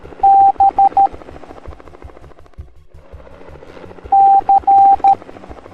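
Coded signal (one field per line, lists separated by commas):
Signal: Morse code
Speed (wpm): 13 wpm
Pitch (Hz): 790 Hz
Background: none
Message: B C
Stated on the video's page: Cartoon educational lesson teaching the Morse code alphabet for kids.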